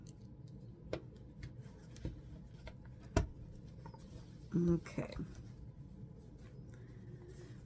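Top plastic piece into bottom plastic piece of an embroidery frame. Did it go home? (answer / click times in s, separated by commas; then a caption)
yes / 3.2 s. A top plastic piece is pressed down onto the bottom plastic piece of an embroidery frame during an embroidery project. Small taps and handling sounds lead up to a sharp snap at 3.2 s, where the frame snaps together and is seated. Someone talks briefly afterward.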